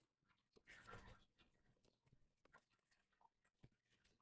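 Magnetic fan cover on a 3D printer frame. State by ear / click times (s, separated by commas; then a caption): not seated / none. A modded magnetic fan cover or panel is fitted onto the frame of a Formbot Voron 2.4 3D printer, with a broad rustling burst of handling noise from about 0.6 to 1.2 s, then scattered light scrapes and taps. The part fits, but its magnets do not snap it into place, and nothing has seated or clicked yet.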